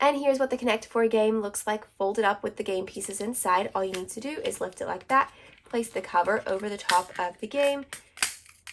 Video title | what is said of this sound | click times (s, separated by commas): American Girl Sleepover Summer Haul ~ Sleepover Accessories and Sets! | and it clicks in place | 8.2 s